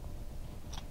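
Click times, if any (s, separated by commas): none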